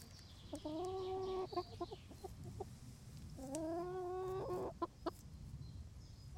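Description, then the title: Chickens giving two long, drawn-out, nasal calls a few seconds apart, broken by sharp tapping clicks and softer clucks, over a low steady hum. Chickens in a henhouse making little noises while eating; Laren Gld., July 18th 2015. "Henhouse. Kippenhok (Laren Gld"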